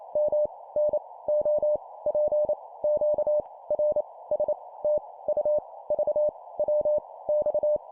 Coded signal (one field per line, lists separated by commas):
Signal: Morse code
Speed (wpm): 28 wpm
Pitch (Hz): 600 Hz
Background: none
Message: M N O P Q R S T U V W X